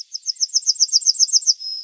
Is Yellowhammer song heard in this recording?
yes